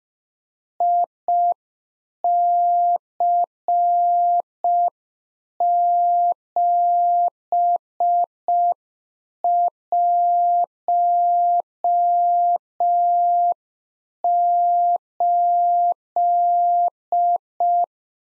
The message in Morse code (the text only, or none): IC718